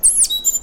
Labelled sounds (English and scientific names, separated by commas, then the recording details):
Stitchbird (Notiomystis cincta) song
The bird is a male
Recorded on Tiritiri Matangi Island, New Zealand, in 2005
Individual 1, of nest box 1